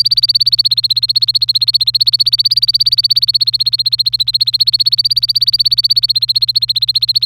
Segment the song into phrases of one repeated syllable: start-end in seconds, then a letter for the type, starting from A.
0.00-7.25 A